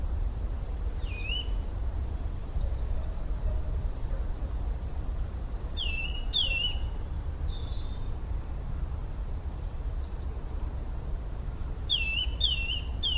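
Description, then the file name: Eurasian nuthatch calls: clear downslurred whistled notes in short bursts of one to three, spread throughout, over a constant low background rumble and faint high twittering. "Sitta europaea"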